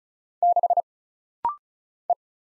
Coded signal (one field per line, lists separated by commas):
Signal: Morse code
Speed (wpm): 36 wpm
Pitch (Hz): 700 Hz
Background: none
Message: 6 E